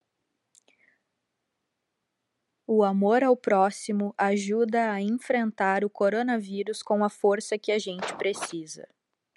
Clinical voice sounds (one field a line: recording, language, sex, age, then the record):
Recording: spoken sentence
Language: Brazilian Portuguese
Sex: female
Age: 30 to 39 years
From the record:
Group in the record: control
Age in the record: 32 years